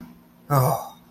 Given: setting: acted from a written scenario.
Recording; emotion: vocal sound without words; relief